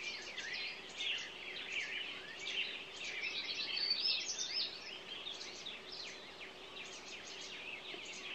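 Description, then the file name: Many songbirds twittering together in a thick wash of high chirps and trills, no single voice standing out, with a low steady hum beneath. Morning songbirds. "Echoes Of Nature-Morning Songbirds"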